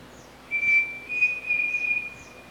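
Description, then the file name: Pavonine Cuckoo song: clear, thin whistled notes on one steady pitch, a short note, a pause, then a longer run of quick linked notes, over a quiet hiss. "canto do peixe frito pavonino"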